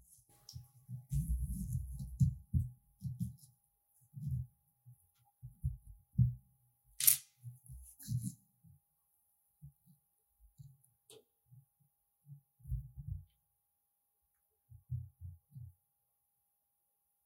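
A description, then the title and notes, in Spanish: Muffled thumps and rubbing from an intense ear massage come in irregular bursts, with a sharp crackle near seven seconds over faint hiss. Extracción de puntos negros y masaje intenso en el oído.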